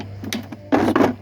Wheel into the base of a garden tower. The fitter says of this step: They just go click in like that. You can hear them.